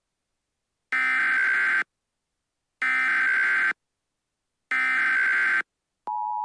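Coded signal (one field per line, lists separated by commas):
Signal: Emergency Alert System (SAME) tones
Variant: header bursts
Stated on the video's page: Fictional EAS scenario, not a real alert.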